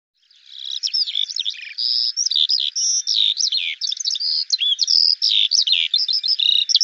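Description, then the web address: Eurasian skylark song, a fast unbroken stream of high chirps, trills and slurred whistles tumbling on without pause. "Deverinetal 2025 File cleaned normalized Bird Al Ar"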